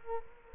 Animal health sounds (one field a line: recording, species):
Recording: mosquito wingbeat signal from an infrared sensor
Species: Culex quinquefasciatus